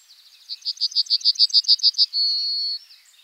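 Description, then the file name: Bunting singing a fast series of about eleven repeated high notes, then a sustained, level, drawn-out final note. "bruant"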